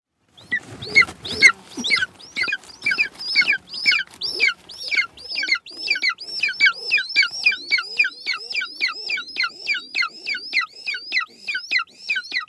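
Golden eagle giving a long, rapid series of sharp yelping calls, each dropping in pitch.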